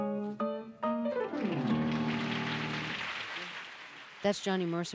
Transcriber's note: soundbite of applause